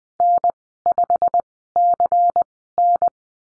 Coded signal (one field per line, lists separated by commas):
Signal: Morse code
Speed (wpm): 20 wpm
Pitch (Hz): 700 Hz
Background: none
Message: N5CN